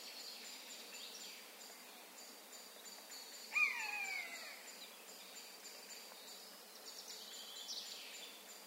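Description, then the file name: Eurasian jay giving one brief downward-sliding mew, surrounded by faint high twittering from other birds in quiet surroundings. "Garrulus glandarius"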